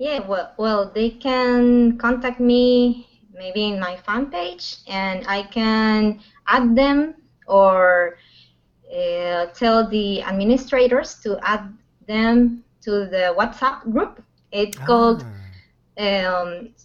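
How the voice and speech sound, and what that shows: Adult woman, a speech-language pathologist living in Peru who treats people who stutter, speaking with no stuttering. No speech disorder.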